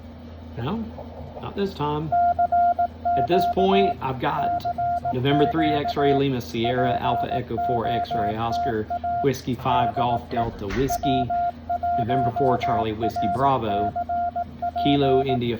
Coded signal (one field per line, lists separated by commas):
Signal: Morse code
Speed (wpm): 18 wpm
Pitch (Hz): 700 Hz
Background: speech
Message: CQ CQ POTA DE W1RCP